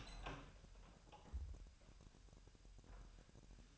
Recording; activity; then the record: daily activity, microphone in the room; open door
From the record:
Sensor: 2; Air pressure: 1001.1 hPa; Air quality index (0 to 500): 250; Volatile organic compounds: 95 ppm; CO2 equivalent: 3720 ppm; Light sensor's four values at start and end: 9/21/9/9 and 9/22/9/9